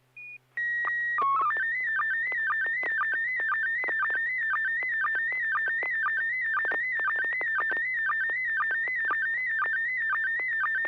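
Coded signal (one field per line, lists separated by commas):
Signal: SSTV (slow-scan television)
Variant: PD 120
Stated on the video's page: SSTV images exchanged on an amateur radio net via a 441.300 MHz FM repeater, sent with MMSSTV software.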